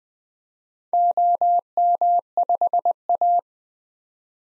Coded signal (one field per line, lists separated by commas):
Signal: Morse code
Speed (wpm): 20 wpm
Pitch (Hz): 700 Hz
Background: none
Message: OM5A